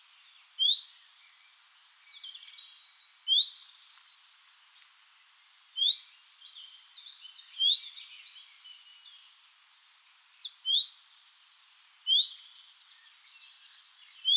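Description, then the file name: Great tit calling repeatedly with sharp high paired and tripled notes at irregular intervals. "Parus major"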